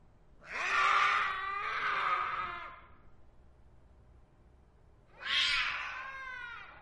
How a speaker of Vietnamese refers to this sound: Dưới đất, cái đầu của cô gái vẫn chưa được nhặt lên, hoặc đúng hơn là hai gã kia không dám nhặt, bởi lúc này cái đầu đang được con mèo đen của ông Vương nhe nanh, cắn xé phần thịt ở cổ.